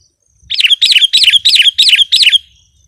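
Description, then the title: Sooty-headed bulbul giving six rapid, bright, downslurred chirping notes in one even run, loud and clear against a quiet background. "kutilang"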